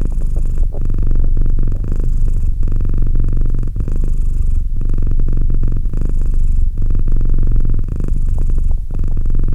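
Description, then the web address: Domestic cat purr, continuous low vibrating rumble with regular inhale and exhale cycles. "Cat Purr 201308 Cat purr"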